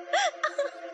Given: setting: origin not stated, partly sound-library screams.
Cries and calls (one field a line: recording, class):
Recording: one-second piece from a danger detection set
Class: woman in danger